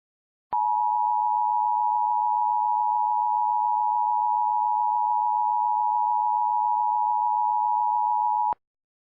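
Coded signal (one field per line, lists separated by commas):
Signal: Emergency Alert System (SAME) tones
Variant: 853 and 960 Hz attention tone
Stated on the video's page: Requested fictional EAS scenario for a Georgia power plant emergency, not real.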